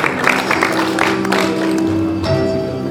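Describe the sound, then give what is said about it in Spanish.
A crowd applauds at a certificate ceremony for students of Colegio Particular Cristiano Maranata, in a steady, dense patter of clapping, with sustained musical tones rising underneath partway through and carrying to the end. “Felicidades, fuerte los aplausos.”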